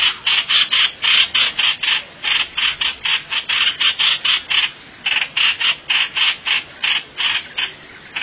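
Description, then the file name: Bird calling with quick repeated grating notes in several runs with short breaks. "tieng chim hoanh hoach"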